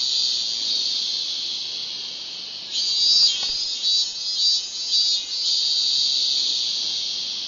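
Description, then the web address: Min-min cicada song: a loud, steady high buzzing drone that breaks into pulsing, throbbing surges midway before settling back into a continuous whine. "~kohsei hotaru ikimono doubutu minminzemi"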